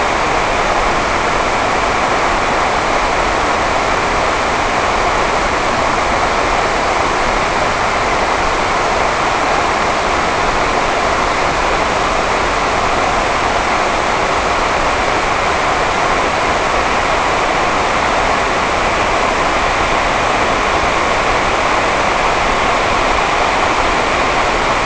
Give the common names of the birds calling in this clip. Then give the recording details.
none. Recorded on Arctic tundra, site NAIT-1, on 28 June 2018. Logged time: 11:00